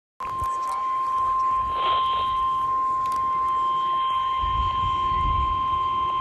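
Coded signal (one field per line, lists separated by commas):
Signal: Emergency Alert System (SAME) tones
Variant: 1050 Hz attention tone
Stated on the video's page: Severe Thunderstorm Warning received from NOAA weather radio station WXL46.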